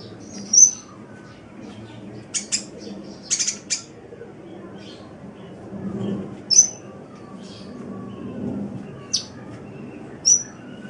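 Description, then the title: Oriental magpie-robin song: scattered short, sharp, high whistled notes, a few brief buzzy bursts and clicks, over a steady low background hum. "Kicau Kacer"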